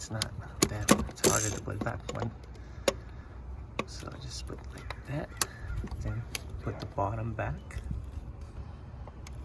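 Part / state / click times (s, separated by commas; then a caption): wiring harness connector onto purge valve solenoid / not seated / none. A wiring harness connector is handled near the new purge valve solenoid in the engine bay of a Fiat 500 Abarth while someone talks, with handling rattles and sharp taps at about 2.9 s and 3.8 s. The connector has not yet clicked onto the solenoid's pins, and nothing has seated by the end of the clip.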